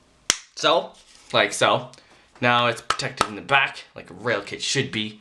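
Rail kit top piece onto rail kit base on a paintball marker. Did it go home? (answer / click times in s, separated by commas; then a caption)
yes / 0.3 s. The plastic upper section of a rail kit on an Etha EMC paintball marker is plugged onto the lower base piece and snaps into place with a single loud, sharp click at 0.3 s. Someone then talks. The rail kit piece is locked in place.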